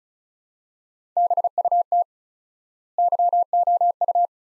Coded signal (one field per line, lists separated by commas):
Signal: Morse code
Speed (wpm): 36 wpm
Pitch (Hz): 700 Hz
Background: none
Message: BUT YOU